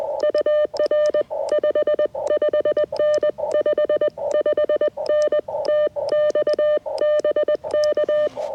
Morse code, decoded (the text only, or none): UR 55N 55N TX BK